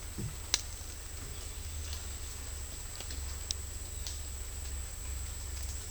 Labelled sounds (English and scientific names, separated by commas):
none